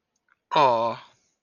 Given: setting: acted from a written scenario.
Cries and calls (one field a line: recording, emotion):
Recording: vocal sound without words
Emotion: adoration